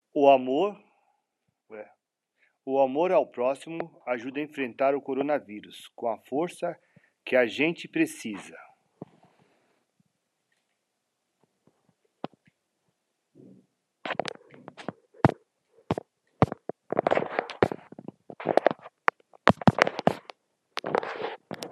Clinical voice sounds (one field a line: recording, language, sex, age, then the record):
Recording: spoken sentence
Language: Brazilian Portuguese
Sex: male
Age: 50 to 59 years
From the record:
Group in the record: control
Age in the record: 51 years